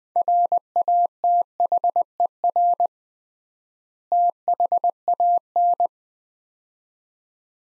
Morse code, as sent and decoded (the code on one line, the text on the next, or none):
.-. .- - .... . .-. / - .... .- -.
RATHER THAN